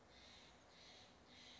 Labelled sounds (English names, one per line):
Steller's Jay